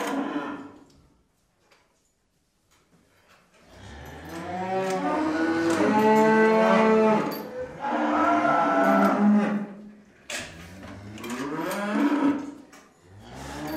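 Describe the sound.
Cow lowing after a brief quiet spell, a long loud moo followed by two shorter moos.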